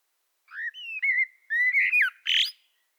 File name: Turdus merula